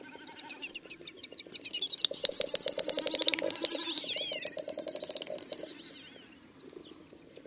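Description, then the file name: Great snipe displaying, dense clicking rattle with a low humming band beneath and bright, twisting whistles swelling in the middle before fading to soft background notes. "Dubelt"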